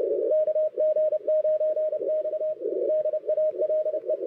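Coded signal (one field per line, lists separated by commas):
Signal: Morse code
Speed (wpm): 30 wpm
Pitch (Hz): 630 Hz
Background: radio noise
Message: KG9X DALE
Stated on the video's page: Contest operating in the CWT, run remotely on a K3 radio.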